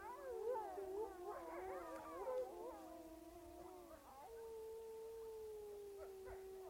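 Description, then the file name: Italian wolf: wolves howling together: several overlapping tonal howls, some wavering and some sliding, fading into one long steady falling howl that holds to the end. Apennine wolf (Canis lupus italicus), a pack howling together. "ululato branco lupo appenninico canis lupus italicus wolf wolves lobo loup"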